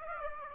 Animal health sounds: mosquito wingbeat signal from an infrared sensor; Aedes aegypti

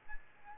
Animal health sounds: mosquito wingbeat signal from an infrared sensor; Aedes albopictus

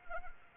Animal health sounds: mosquito wingbeat signal from an infrared sensor; Anopheles arabiensis

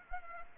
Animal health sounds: mosquito wingbeat signal from an infrared sensor; Anopheles arabiensis

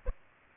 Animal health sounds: mosquito wingbeat signal from an infrared sensor; Aedes aegypti

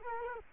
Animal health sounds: mosquito wingbeat signal from an infrared sensor; Culex quinquefasciatus

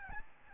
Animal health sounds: mosquito wingbeat signal from an infrared sensor; Aedes albopictus

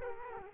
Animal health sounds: mosquito wingbeat signal from an infrared sensor; Culex quinquefasciatus

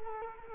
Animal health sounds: mosquito wingbeat signal from an infrared sensor; Culex quinquefasciatus

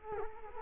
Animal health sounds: mosquito wingbeat signal from an infrared sensor; Culex quinquefasciatus

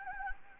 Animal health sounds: mosquito wingbeat signal from an infrared sensor; Anopheles gambiae

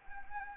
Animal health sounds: mosquito wingbeat signal from an infrared sensor; Anopheles arabiensis

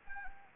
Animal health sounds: mosquito wingbeat signal from an infrared sensor; Anopheles gambiae

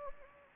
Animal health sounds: mosquito wingbeat signal from an infrared sensor; Anopheles gambiae

